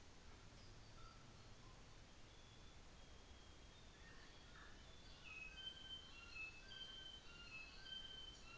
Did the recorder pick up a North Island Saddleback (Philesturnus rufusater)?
no